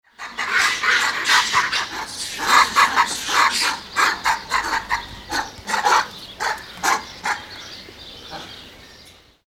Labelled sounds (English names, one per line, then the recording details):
Crab-eating Macaque
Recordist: Tembrock, Günter
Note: Laute bei agonistischer Auseinandersetzung